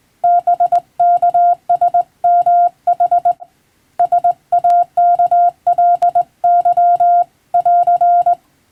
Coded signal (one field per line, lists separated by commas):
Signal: Morse code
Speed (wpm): 21 wpm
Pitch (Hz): 700 Hz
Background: none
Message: BKSMH SAKLY <AR>